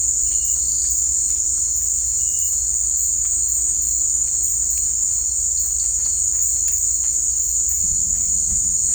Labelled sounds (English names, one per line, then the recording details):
none
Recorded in secondary vegetation near Puerto Asís, Putumayo, Colombia, on 16 December 2024 at 18:00
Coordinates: 0.481, -76.318
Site G042